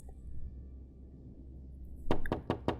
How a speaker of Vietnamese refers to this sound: Có ai ở nhà không? Mở cửa, mở cửa. Tiếng gọi dồn dập kèm theo tiếng đập cửa rầm rầm làm cho bà Hưởng giật mình tỉnh giấc.